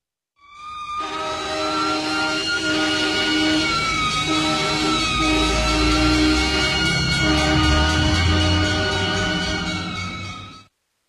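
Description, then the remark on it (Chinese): Three fire engines speed past on the road by a hutong entrance with sirens blaring, loud piercing wailing tones held over a deep engine rumble that swells midway and then fades out. No one speaks. “胡同口突然传来一串刺耳的警笛声，灰姐又一哆嗦，突然想起前几天的梦境，赶忙向着马路上张望，是三辆救火车风驰电掣般的呼啸而去。”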